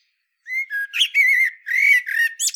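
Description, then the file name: Eurasian blackbird singing a short run of clear whistled notes, some with harmonics, ending in a squeaky high flourish, with no other sounds. "Turdus merula"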